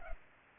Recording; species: mosquito wingbeat signal from an infrared sensor; Culex pipiens